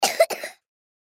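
Two quick, high-pitched coughs from a sick two-year-old boy, the second following the first almost without pause, over about half a second. A short, harsh cough in a young child.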